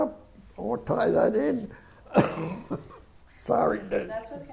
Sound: coughs

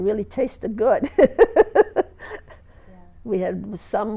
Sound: she laughs

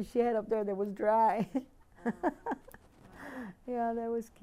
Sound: laughs

